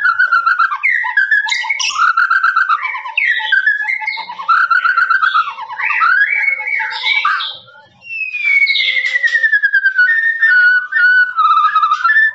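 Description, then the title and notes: Lovebird chattering song of varied squeaky whistled notes, broken by a long whistle that falls gradually in pitch. Long trilling "ngekek" lovebird song, used as a master for training birds. "MASTERAN LOVEBIRD NGEKEK PANJANG. suara burung, master burung"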